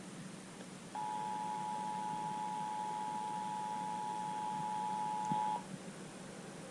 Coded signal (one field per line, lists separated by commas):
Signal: Emergency Alert System (SAME) tones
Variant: 853 and 960 Hz attention tone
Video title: EAS #276- Southeast Michigan Required Monthly Test on WJR